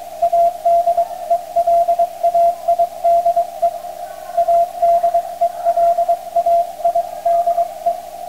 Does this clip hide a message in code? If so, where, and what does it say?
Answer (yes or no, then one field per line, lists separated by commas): yes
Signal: Morse code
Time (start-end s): 0.2-7.9 s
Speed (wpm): 23 wpm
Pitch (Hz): 680 Hz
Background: radio noise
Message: ADELAIDE ADELAIDE